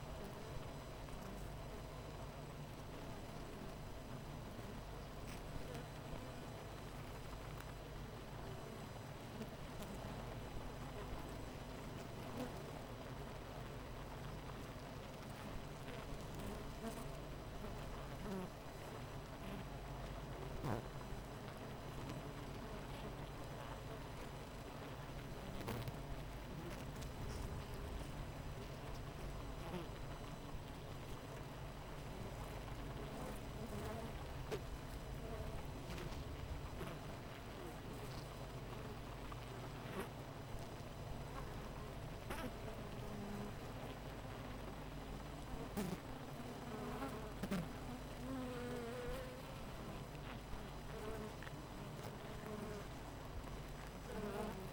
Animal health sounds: honeybee colony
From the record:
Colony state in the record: missing queen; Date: 14 July 2017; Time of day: 7:57

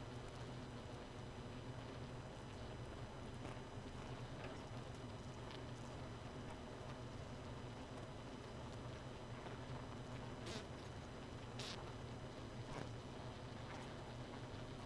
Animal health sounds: honeybee colony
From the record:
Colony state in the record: missing queen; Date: 31 May 2018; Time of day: 2:06

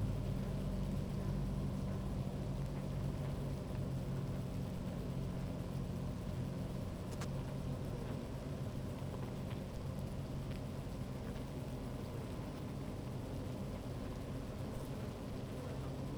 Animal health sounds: honeybee colony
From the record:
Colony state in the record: active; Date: 28 July 2017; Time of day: 15:01

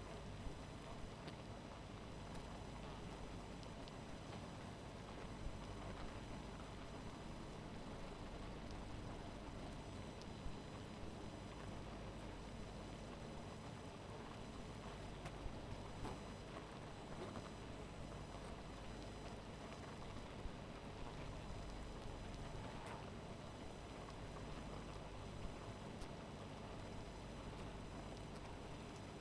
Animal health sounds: honeybee colony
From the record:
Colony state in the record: missing queen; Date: 14 July 2017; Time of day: 0:27

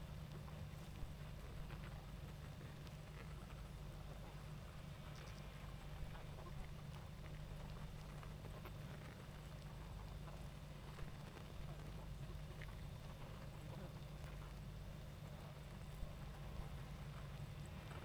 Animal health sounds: honeybee colony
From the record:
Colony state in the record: active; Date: 28 July 2017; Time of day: 20:37

